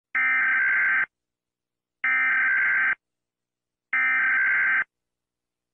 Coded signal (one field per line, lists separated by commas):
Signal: Emergency Alert System (SAME) tones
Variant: header bursts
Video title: Rating EAS alarms (Part 1)